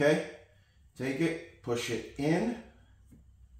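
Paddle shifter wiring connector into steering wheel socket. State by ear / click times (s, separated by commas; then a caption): not seated / none. During an F1 paddle shifter upgrade on a C6 Corvette, the paddle shifter's wiring connector is being handled and pushed toward its socket in the steering wheel while someone talks in short bursts. Nothing has seated or clicked yet; the clip ends just before the connector goes home.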